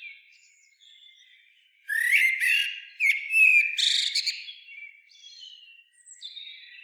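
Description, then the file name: Common blackbird quietly warbling, then a loud phrase of fluty notes and scratchy high twitters before fading back to soft song. "Turdus merula"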